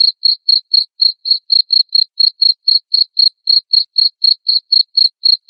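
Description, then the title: Cricket producing a continuous run of loud high-pitched chirps, about four each second, steady and unbroken. Loud cricket chirping played to make lovebirds sing continuously. "Suara JANGKRIK NGERIK Keras Bikin LOVEBIRD Jadi NGEKEK Terus Vubey"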